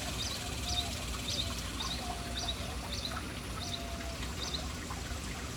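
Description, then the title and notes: Bird calls as a short, high note repeated several times, with faint whistles beneath and steady splashing water throughout. City birds hanging around an urban fountain. "Urban birds at fountain. Relaxing sounds of City Birds hanging around fountain"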